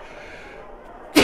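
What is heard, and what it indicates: About a second of quiet room tone and faint background voices gives way to one abrupt, loud, explosive burst near the end: a single sneeze from an adult man, a broadcast host sneezing on air into an open studio microphone that was not turned down. The clip ends just after it.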